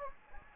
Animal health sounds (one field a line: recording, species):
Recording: mosquito wingbeat signal from an infrared sensor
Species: Anopheles gambiae